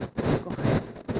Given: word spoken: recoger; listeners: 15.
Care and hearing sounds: one Spanish word in noise, from a listening test; noise modulated by one talker; -12.4 dB; 0 of 15; 12 of 15; 0.80 s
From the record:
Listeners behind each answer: 12, 1, 1, 1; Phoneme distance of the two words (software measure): 14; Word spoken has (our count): 3 syllables, 7 phonemes, stress on syllable 3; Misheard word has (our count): 2 syllables, 5 phonemes, stress on syllable 2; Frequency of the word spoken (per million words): 26.55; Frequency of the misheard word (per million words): 13.98

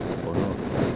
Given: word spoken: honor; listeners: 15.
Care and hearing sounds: one Spanish word in noise, from a listening test; noise modulated by three-talker babble; -3.7 dB; 4 of 15; 6 of 15; 0.56 s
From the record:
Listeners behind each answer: 6, 4, 2, 1, 1, 1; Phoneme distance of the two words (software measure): 17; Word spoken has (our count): 2 syllables, 4 phonemes, stress on syllable 2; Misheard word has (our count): 2 syllables, 5 phonemes, stress on syllable 2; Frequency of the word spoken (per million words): 49.91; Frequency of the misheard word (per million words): 141.42

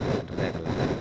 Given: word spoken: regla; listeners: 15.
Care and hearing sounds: one Spanish word in noise, from a listening test; noise modulated by three-talker babble; -4.3 dB; 5 of 15; 6 of 15; 0.61 s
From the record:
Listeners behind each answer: 6, 5, 1, 1, 1, 1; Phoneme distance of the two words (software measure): 7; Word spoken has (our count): 2 syllables, 5 phonemes, stress on syllable 1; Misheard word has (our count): 2 syllables, 6 phonemes, stress on syllable 1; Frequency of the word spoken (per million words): 26.76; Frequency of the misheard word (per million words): 42.12

